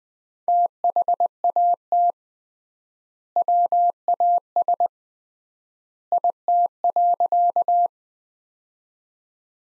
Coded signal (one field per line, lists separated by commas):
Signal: Morse code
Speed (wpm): 21 wpm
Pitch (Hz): 700 Hz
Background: none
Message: THAT WAS IT.